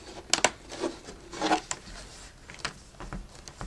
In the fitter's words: the edges and you'll hear those snapping sounds of